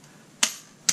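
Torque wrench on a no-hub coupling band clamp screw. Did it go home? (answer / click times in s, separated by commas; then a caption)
yes / 0.4 s, 0.9 s. A preset 60 in-lb T-handle torque wrench with a 5/16 inch driver tightens the band clamp screw on a no-hub coupling. It gives sharp clicks at 0.4 s and 0.9 s, the first followed by a short fading ring. The wrench reaches its setting and clicks, confirming the proper torque.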